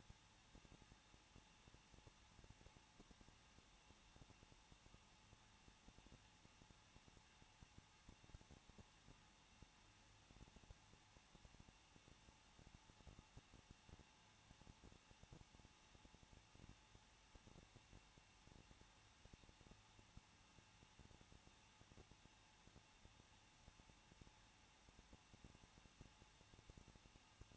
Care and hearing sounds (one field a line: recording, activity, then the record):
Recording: daily activity, microphone in the room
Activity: no activity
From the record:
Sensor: 1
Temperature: 20.1 degrees Celsius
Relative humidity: 39.1%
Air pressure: 1006.3 hPa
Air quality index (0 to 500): 217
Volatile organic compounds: 76 ppm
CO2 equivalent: 3570 ppm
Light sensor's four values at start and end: 1/2/1/1 and 1/2/1/1